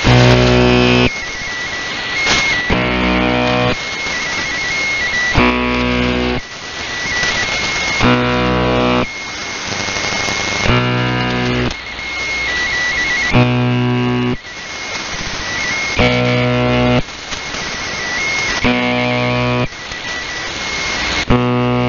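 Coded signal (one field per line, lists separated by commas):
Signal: channel marker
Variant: UVB-76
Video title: UVB 76-thebuzzer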